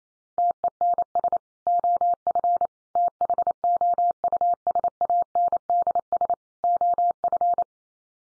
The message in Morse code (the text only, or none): TENS OF THOUSANDS OF